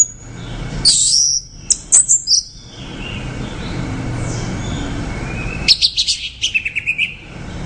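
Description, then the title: Orange-headed thrush giving clusters of high chirps and short whistles, then a quiet hissy gap, then a rapid series of repeated notes. "Anis Merah"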